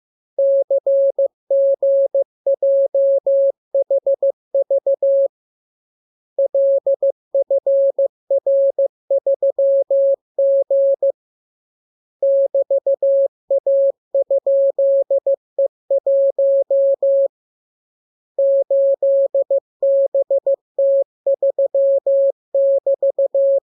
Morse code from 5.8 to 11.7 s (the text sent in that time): LFR3G